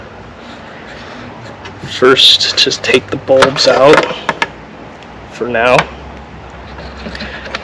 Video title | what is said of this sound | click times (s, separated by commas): Walkthrough of Changing the Tail Lights for the Lexus SC430 + MODDED SEQUENTIAL TAIL LIGHTS | basically you want to twist counterclockwise, and then you'll hear it pop right out, and there you go. | 7.5 s